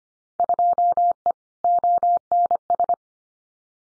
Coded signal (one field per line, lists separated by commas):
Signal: Morse code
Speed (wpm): 25 wpm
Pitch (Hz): 700 Hz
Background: none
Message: 2E ONS